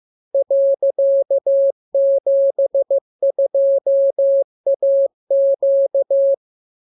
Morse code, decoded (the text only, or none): .72AQ